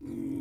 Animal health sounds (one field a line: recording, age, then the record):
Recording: pig call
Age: weaner (32 to 43 days)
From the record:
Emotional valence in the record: negative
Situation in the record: novel object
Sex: female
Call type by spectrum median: low-frequency call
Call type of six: low-frequency stable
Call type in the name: low-frequency stable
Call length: 0.41 s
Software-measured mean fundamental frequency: 56 Hz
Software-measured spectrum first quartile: 242 Hz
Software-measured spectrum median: 287 Hz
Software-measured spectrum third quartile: 342 Hz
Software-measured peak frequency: 292 Hz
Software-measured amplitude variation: 188 dB a second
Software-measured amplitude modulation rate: 35.3 a second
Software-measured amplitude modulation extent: 5.3 dB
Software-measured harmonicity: 5.3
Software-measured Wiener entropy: 0.05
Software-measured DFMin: 1448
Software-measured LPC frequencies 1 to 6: 296, 2187, 3353, 4668, 5705, 7106 Hz